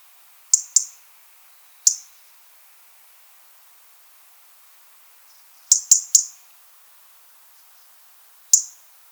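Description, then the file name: European robin calls: crisp high ticks, singly or in quick runs of two or three, spaced irregularly over a quiet background. "Erithacus rubecula"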